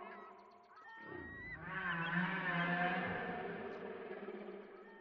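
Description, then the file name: Whale moan with a rich harmonic stack, starting as a clear tone, then giving way to a rough, noisy, sustained note. "chant des baleines"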